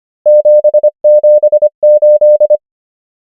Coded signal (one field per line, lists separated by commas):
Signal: Morse code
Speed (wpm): 25 wpm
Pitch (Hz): 600 Hz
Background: none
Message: 7 7 8